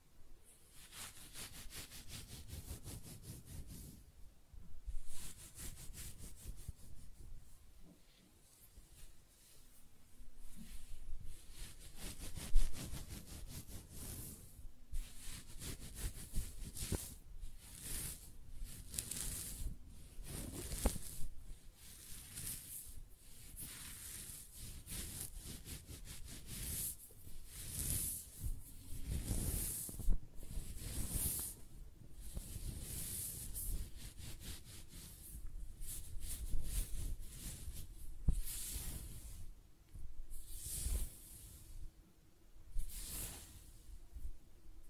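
Close-up hair sounds: scratching, brushing and stroking in repeated bursts of bright, crackly rustle. The strokes come every second or two with short gaps, some sharper and louder, with a faint low hum running steadily underneath.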